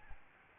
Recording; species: mosquito wingbeat signal from an infrared sensor; Aedes albopictus